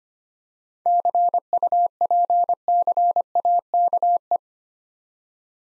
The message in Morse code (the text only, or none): CUPCAKE